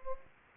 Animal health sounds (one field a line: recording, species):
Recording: mosquito wingbeat signal from an infrared sensor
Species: Anopheles gambiae